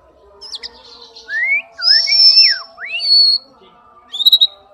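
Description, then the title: Oriental magpie-robin song: loud rising and swooping whistled notes, a high buzzy trill, and a closing burst of quick high chips. "kacer"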